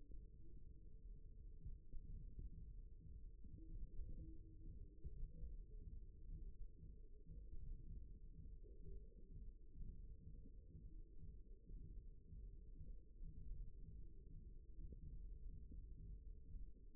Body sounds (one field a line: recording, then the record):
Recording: forearm muscle sounds (acoustic myography)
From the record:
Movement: thumb flexion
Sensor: system 1, eight BSWA MPA416 microphones around the upper forearm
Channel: 2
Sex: male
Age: 54 years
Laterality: right